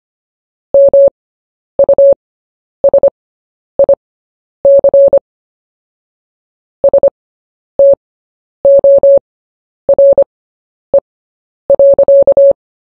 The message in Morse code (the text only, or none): MUSIC STORE.